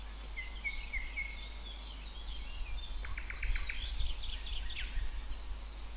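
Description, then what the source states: Nightingale singing: a few clear whistled notes, then a quick stuttering series of repeated sharp notes, over low background hum. Song in Shumerlya district on 17 May 2012.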